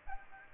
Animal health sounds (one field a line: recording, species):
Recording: mosquito wingbeat signal from an infrared sensor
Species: Aedes aegypti